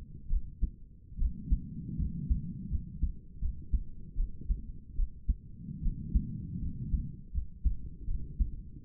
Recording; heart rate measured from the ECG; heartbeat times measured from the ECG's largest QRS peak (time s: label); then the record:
heart sounds by stethoscope; 77 bpm
0.29 s: heartbeat
1.18 s: heartbeat
1.98 s: heartbeat
2.70 s: heartbeat
3.40 s: heartbeat
4.16 s: heartbeat
4.95 s: heartbeat
5.82 s: heartbeat
6.61 s: heartbeat
7.33 s: heartbeat
8.06 s: heartbeat
From the record:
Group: healthy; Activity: rest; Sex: female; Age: 22 years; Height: 163 cm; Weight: 67.1 kg